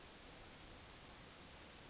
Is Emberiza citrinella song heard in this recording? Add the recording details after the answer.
yes. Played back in forest. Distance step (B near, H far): G. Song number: 044